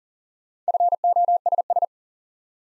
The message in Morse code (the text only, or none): FOSS